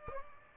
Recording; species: mosquito wingbeat signal from an infrared sensor; Aedes aegypti